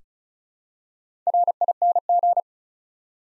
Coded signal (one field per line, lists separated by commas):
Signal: Morse code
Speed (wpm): 36 wpm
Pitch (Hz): 700 Hz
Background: none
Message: RING